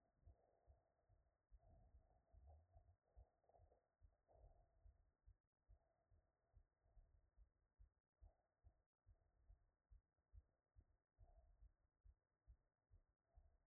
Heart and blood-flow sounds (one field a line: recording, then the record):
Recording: heart sounds by stethoscope after running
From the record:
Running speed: 8 mph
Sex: male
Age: 50 to 59 years